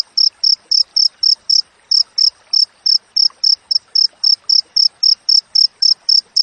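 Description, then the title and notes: Cricket giving rapid, high-pitched chirps nearly four each second, with one brief pause early on before the regular beat resumes. Clear natural cricket recording with closely spaced chirps, intended as master audio for training songbirds and for driving away rats. "Masteran Jangkrik Alam Jernih, Jeda Rapat Cocok Untuk Masteran Burung Dan Mengusir Tikus. suara jangkrik"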